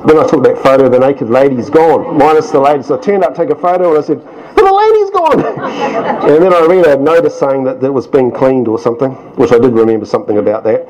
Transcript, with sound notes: When I took that photo, the naked lady’s gone… minus the lady. So I turned up to take the photo, and I said “the lady’s gone!” [Chuckles] And then I read that notice saying that it was being cleaned or something, which… I did remember something about that.